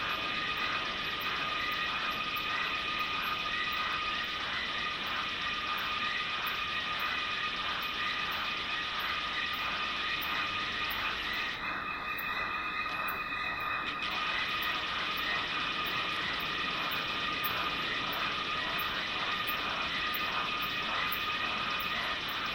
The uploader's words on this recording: Durational audio recording of the sound environment around a dry stretch of the Limpopo River in South Africa at the beginning of the rainy season. The recording begins just before dusk and continues through late morning. Audio encoding: Stereo FLAC at 48kHz, 24bit.